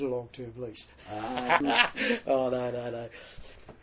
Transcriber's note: laughter